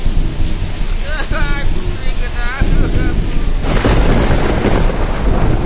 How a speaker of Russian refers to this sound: Теперь гроза прямо над нами. Ударила прямо в остров.